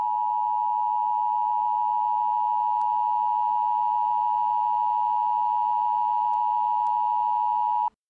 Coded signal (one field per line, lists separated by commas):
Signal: Emergency Alert System (SAME) tones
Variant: 853 and 960 Hz attention tone